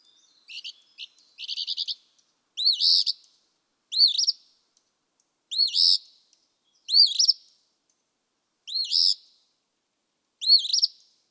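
Eastern phoebe singing, opening with soft stuttering chips before six clear, rough fee-bee phrases spaced about every one and a half seconds.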